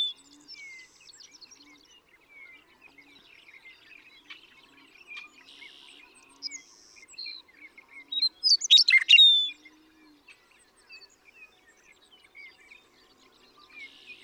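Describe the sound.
Western meadowlark singing one loud burst of whistles and bubbling notes midway, with many fainter chirps and twitters around it.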